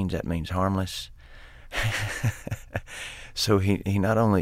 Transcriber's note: soundbite of laughter